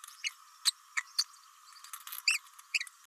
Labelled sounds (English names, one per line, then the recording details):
Green-rumped Parrotlet babbling
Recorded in a nest box in Venezuela
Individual 18B104A4